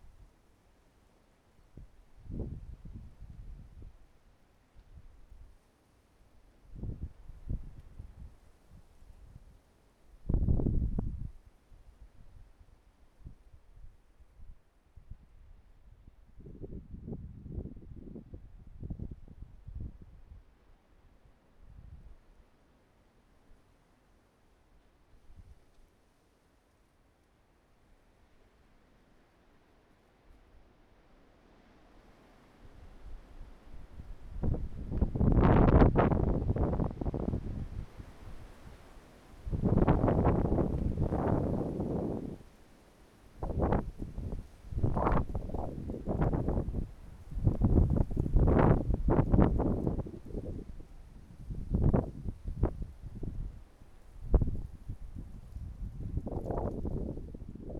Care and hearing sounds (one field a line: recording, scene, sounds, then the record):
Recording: everyday scene through a hearing-aid microphone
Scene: wind on the microphone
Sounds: wind, traffic, birds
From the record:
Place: suburban garden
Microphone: behind the ear, right, rear